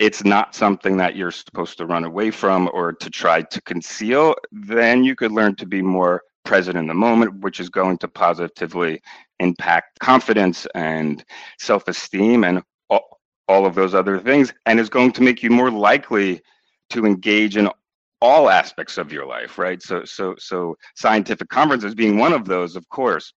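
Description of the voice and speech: Adult man who stutters, speaking with whole-word repetitions and a drawn-out nasal sound, typical of mild stuttering.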